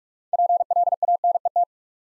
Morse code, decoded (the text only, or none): PLANET